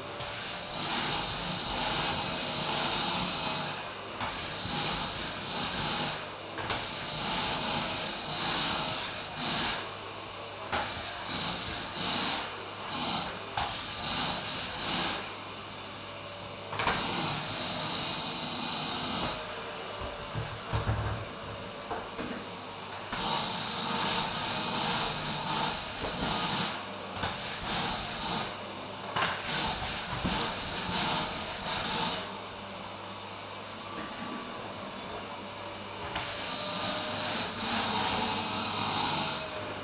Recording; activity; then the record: daily activity, microphone in the room; vacuum cleaning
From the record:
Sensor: 2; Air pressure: 1010.1 hPa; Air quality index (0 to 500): 162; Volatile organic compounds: 7 ppm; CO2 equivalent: 2030 ppm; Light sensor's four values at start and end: 37/91/40/45 and 37/89/39/44